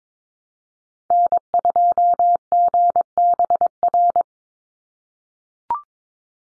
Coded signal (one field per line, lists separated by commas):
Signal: Morse code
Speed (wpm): 22 wpm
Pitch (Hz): 700 Hz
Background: none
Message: N2GBR